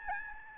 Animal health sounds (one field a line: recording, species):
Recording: mosquito wingbeat signal from an infrared sensor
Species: Aedes albopictus